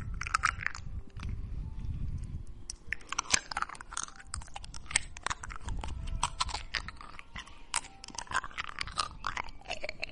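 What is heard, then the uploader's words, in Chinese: Someone chews ice, with dense, irregular crunches and sharp cracks sounding several times a second throughout. Brief bright clicks of fragments break through the chewing, which runs over a low, muffled thumping from the jaw. Nothing else is audible in the background. 吃冰块浑身舒爽。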